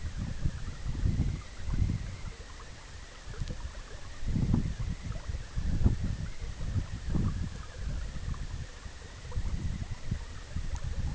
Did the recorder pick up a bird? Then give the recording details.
no. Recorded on Arctic tundra, site EABA-MC, on 20 June 2019. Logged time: 14:00